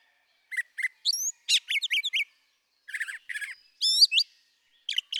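Brown thrasher song with doubled chirps, a slurred whistle, a burst of rapid notes and a buzzy phrase, delivered in quick succession.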